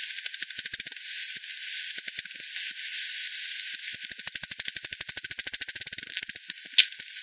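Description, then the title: Bat echolocation calls: sparse ticks at first, then a long, even train of sharp clicks that fades, over a faint hiss. Multiple bats at the Hogsmill River, Hogsmill Lane, 7 October 2020 at 18:10 UTC; recorded with frequency division by ten, band-pass filtered and resampled. "bat 20201007 T 18 : 10 Z-Hogsmill-Lane-Hogsmill-River-multiple-bats"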